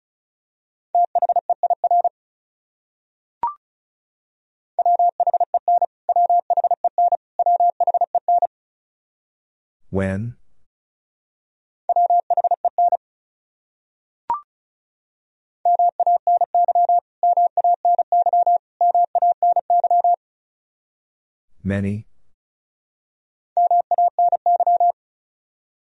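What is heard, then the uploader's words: Morse code beeps on a steady mid-pitched tone, sent as clusters of short and long pulses that repeat the same word; the third sending begins near the end. Brief clicks appear around 3.5 and 14 seconds, and a deep thump separates repetitions near 10 and 22 seconds. Top 100 Words Repeated 35wpm. First, the word is sent three times in Morse code.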